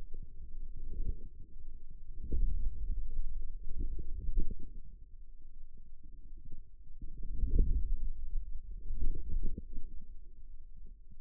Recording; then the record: forearm muscle sounds (acoustic myography)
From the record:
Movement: outward rotation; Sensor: system 2, bracelet of six BSWA MPA416 microphones around the upper forearm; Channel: 3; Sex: male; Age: 22 years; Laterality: right